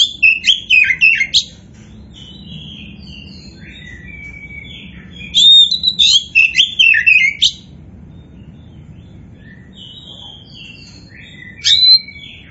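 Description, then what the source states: Oriental magpie-robin song in three bursts: fast scratchy and whistled notes, soft thin whistles between them, and one short ringing phrase near the end. Kacer poci variety, described as gacor (singing actively).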